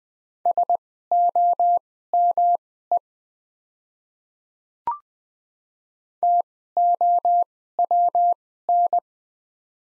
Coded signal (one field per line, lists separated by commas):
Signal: Morse code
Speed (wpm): 20 wpm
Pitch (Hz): 700 Hz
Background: none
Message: SOME TOWN